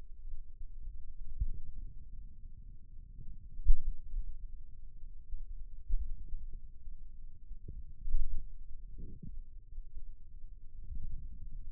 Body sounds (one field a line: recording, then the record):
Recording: forearm muscle sounds (acoustic myography)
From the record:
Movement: finger pinch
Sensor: system 2, bracelet of six BSWA MPA416 microphones around the upper forearm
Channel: 4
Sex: male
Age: 22 years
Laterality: right